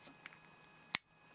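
A harder press on the battery section of a Nitecore SRT9 "SmartRing" tactical flashlight (Cree XHP50) pushes its arms onto the flashlight body buttons, with faint ticks at 0.3 s. At 0.9 s the second latch button gives a sharp, bright click as it clicks up and locks, so the battery section is fully latched onto the body.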